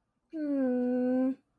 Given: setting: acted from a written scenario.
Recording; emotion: vocal sound without words; disappointment